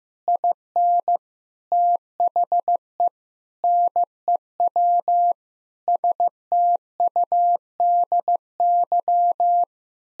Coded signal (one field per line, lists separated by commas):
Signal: Morse code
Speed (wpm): 15 wpm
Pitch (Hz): 700 Hz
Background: none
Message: IN THE NEW STUDY